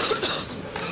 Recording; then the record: coughing mixed with background sound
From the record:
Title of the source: November cold (wet coughing)